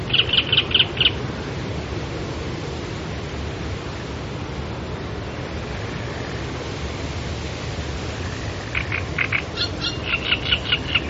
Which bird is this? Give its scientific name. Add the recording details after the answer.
Acrocephalus arundinaceus. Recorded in the wild. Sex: male. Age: adult. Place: Karower Teiche, Naturpark Barnim, Berlin, DE. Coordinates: 52.6222, 13.46. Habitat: sedge. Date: 1993-05-12. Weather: sunny, 25°C. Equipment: Aiwa HD-S1, Sennheiser MKH 70. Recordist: Frommolt, Karl-Heinz